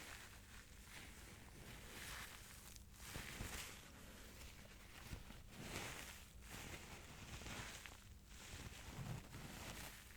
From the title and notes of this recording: Ear-To-Ear Crinkling Sounds.